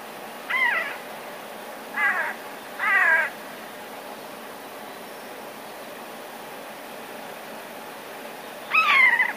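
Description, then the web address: Eurasian jay calls, three short downslurred notes within the first few seconds, then a long silence and a fourth call near the end. Alarm call, recorded 13 February 2019. "wroblowe ostrzegator sojka 13 02 2019"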